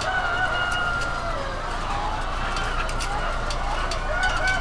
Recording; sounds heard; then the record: poultry house recording; healthy chickens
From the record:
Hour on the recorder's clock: 20